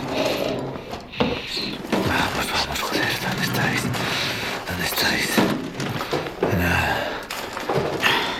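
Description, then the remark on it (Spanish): Drawers slide open and shut while hands rummage through their contents searching for keys, a steady stream of clattering, scraping and knocking with sharp bursts, faint voices murmuring underneath. “Voy a mirar estos cajones. Tú ve aquellos de allí.”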